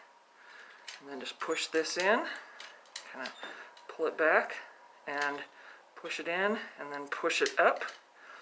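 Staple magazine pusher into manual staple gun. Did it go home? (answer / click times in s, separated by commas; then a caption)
no / none. Someone talks while handling a manual staple gun after loading staples, pushing the spring-loaded staple magazine pusher in, pulling it back, then pushing it in and up, with a short sharp handling sound near 0.9 s. Nothing has seated or clicked yet; the magazine has not locked in.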